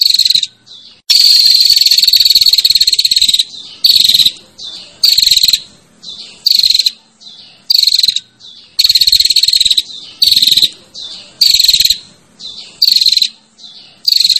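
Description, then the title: Prinia buzzy calls: harsh, high bursts with a faint downslurred whistle inside, given in uneven short and long bouts with brief pauses between. Female calling the male with the 'ngecirrr' call. "Suara Prenjak Betina Ngecirrr Memanggil Prenjak Jantan"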